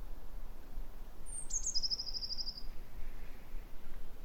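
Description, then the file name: Eurasian blue tit singing one very high, thin phrase: a couple of sliding introductory notes dropping into a quick, even trill lasting about a second, over a steady low rumble. "Cyanistes caeruleus"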